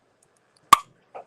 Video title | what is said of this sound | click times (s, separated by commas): Watch Katherine Work on Recreated Jewelry from Our LIVE MELTS! | press it it clicks into place a little bit smaller which is kind of fun | 0.7 s